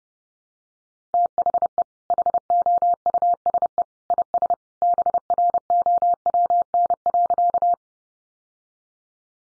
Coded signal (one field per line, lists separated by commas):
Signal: Morse code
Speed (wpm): 30 wpm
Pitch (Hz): 700 Hz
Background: none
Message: THE HOUSE IS BROWN.